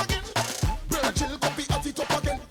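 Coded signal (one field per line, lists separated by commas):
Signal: none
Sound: music track beeps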